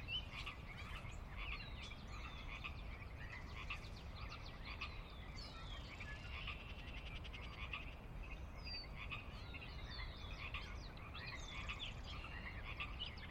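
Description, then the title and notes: Pacific chorus frogs croaking in chorus with high chirps mixed in, over a steady low rumble. Chorus on the valley floor of Sinlahekin Valley, Sinlahekin Wildlife Area, Washington, near the Cascades' northeastern slope; glacier-dug valley of ranch land and refuge; at dusk; frogs ever-present, a Northwest soundscape fixture. "Sinlahekin Valley dusk. the ever-present Pacific Chorus Frogs that are a fixture of the Northwest Soundscape"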